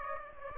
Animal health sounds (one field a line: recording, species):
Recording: mosquito wingbeat signal from an infrared sensor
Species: Aedes aegypti